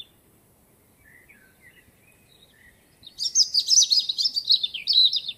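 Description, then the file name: European robin singing: soft, thin notes first, then a loud sweet burst of jumbled high warbles and trills in the final seconds. "Erithacus rubecula"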